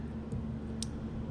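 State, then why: Seated. A wiring harness electrical connector is pushed onto a plastic GM ACDelco 12681993 intake air pressure and temperature sensor, made in Japan, until it latches. Over a steady low hum, one quiet, sharp click sounds at 0.8 s. The connector is seated.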